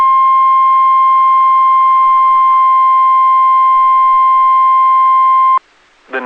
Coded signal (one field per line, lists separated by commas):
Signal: Emergency Alert System (SAME) tones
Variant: 1050 Hz attention tone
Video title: EAS: After Several Decades NWS Chanhassen/Twin Cities Ends Live Voice NOAA Weather Radio Testing